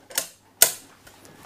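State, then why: Seated. The board of a Mallard Ferrière manual pasta/dough sheeter is pushed so its steel rods go into the frame and it fits into place, so it sits flush and stable. A first knock at 0.2 s is followed by a sharp, louder knock at 0.6 s as the board seats, then faint ticks. No one talks.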